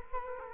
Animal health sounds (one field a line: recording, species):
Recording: mosquito wingbeat signal from an infrared sensor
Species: Culex quinquefasciatus